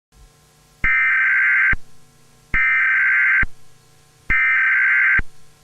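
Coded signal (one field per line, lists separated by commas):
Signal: Emergency Alert System (SAME) tones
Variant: header bursts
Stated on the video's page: Fictional analog horror EAS scenario.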